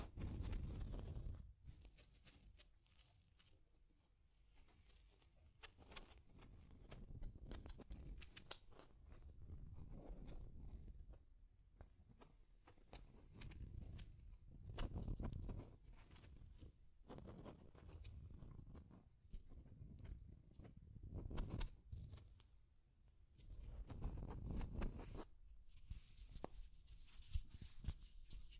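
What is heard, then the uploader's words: Deep scratching rasps along in uneven bursts, heavy and rumbling at the low end with crackly, gritty edges on top. Strokes come every second or two, swelling and fading, with short quieter gaps around 2, 11, 17 and 23 seconds. Deep Scratching. (No Talking).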